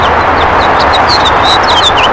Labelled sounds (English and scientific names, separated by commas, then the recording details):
House Finch (Haemorhous mexicanus) song
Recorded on Long Island, New York, on 14 June 2012
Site CH
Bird A